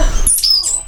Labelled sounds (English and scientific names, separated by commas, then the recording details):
Stitchbird (Notiomystis cincta) song
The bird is a male
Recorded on Tiritiri Matangi Island, New Zealand, in 2005
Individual 22, of nest box 31